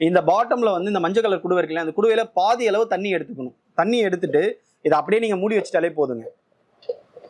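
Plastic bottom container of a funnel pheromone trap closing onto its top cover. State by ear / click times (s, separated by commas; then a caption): not seated / none. Someone talks while handling the yellow plastic bottom container of a funnel pheromone trap, which is to be filled half with water and closed onto the trap's top cover. A few faint, brief plastic taps come near the end, around 6.8 to 7.2 seconds. The container has not locked onto the top cover yet, and nothing has seated or clicked.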